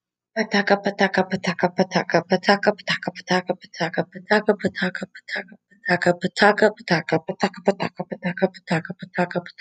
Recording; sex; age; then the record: repeated syllables /pa ta ka/; female; 20 to 29 years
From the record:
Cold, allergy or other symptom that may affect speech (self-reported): no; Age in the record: 26 years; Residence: Texas, United States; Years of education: 13